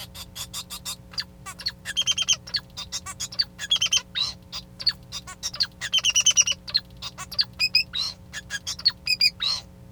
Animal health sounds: song of a male Bengalese finch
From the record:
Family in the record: son of father 2

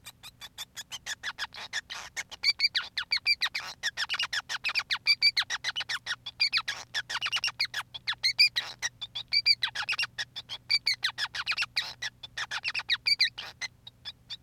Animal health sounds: song of a male Bengalese finch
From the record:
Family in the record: son of father 5

